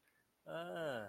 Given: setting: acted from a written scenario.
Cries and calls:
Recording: vocal sound without words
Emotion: realization

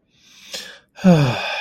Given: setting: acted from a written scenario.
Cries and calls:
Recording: vocal sound without words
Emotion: contentment

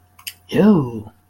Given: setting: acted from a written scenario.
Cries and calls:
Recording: vocal sound without words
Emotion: disgust

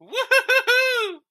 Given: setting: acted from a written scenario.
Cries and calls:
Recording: vocal sound without words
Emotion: elation

